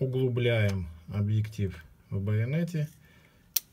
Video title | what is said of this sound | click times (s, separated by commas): Для Константина. | дошло до щелчка против часовой стрелки вот | 3.6 s